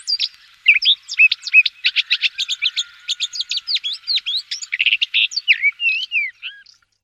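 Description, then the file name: Common whitethroat's continuous rapid scratchy warble mixed with short whistled slurs, ending with a few rising and falling whistles. "pěnice-hnědokřídlá"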